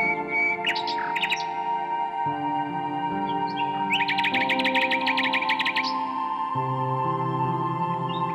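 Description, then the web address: Common nightingale song: brief whistles, then a fast run of repeated sharp notes around four seconds, over steady low droning chord tones that shift pitch. "Circlesandlines recordings. h wialenove - nightingale song"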